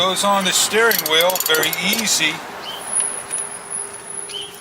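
Someone talks while an anti-theft steering wheel lock bar is handled and fitted onto a car steering wheel. After the talking, soft handling sounds follow, along with a faint steady high tone. Nothing has seated or clicked yet.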